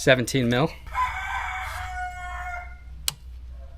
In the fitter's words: Oh, there's our click.